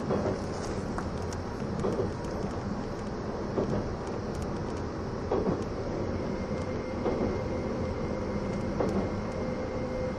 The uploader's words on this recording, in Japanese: E261系 S踊り子01号02 熱海～伊豆急下田。伊豆への新たなフラッグシップトレインとなる、E261系S踊り子01号を収録したものです。走行音。